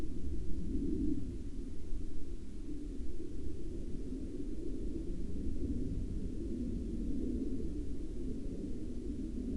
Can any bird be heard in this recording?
no